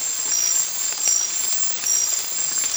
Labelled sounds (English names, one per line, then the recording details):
none
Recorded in dense forest near Puerto Asís, Putumayo, Colombia, on 8 March 2025 at 04:00
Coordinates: 0.503, -76.323
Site GP09